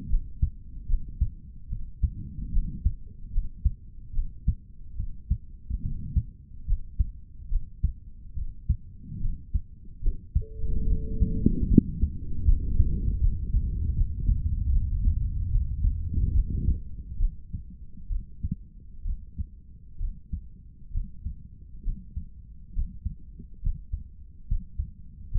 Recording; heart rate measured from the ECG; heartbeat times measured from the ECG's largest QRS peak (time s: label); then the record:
heart sounds by stethoscope; 71 bpm
0.08 s: heartbeat
0.87 s: heartbeat
1.68 s: heartbeat
2.51 s: heartbeat
3.31 s: heartbeat
4.12 s: heartbeat
4.95 s: heartbeat
5.81 s: heartbeat
6.65 s: heartbeat
7.49 s: heartbeat
8.34 s: heartbeat
9.19 s: heartbeat
10.01 s: heartbeat
10.86 s: heartbeat
11.67 s: heartbeat
12.44 s: heartbeat
13.20 s: heartbeat
13.94 s: heartbeat
14.70 s: heartbeat
15.49 s: heartbeat
16.32 s: heartbeat
17.18 s: heartbeat
18.08 s: heartbeat
19.03 s: heartbeat
19.98 s: heartbeat
20.92 s: heartbeat
21.84 s: heartbeat
22.73 s: heartbeat
23.61 s: heartbeat
24.47 s: heartbeat
25.30 s: heartbeat
From the record:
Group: healthy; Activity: rest 0-11 s, Valsalva maneuver 11-25 s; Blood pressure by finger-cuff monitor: 92/60 mmHg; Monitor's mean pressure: 72 mmHg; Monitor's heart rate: 72 bpm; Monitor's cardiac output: 4 L/min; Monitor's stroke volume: 56 mL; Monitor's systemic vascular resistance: 1300 dyn s/cm5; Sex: male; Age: 55 years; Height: 167 cm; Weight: 57.2 kg